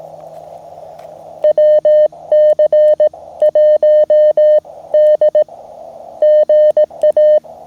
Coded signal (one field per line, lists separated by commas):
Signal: Morse code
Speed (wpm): 18 wpm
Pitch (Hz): 610 Hz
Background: none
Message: WC1D GA